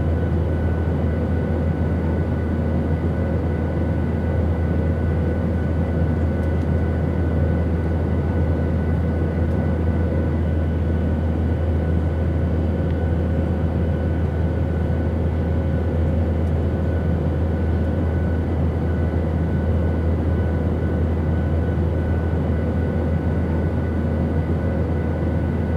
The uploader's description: the calming sounds of an airplane cabin